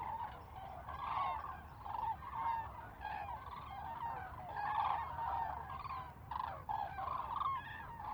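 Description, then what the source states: Common cranes calling together, a rising and falling mass of rolling bugles with a few louder notes standing out. Several birds on a close fly-by at Lac du Der, France, 10 January 2021.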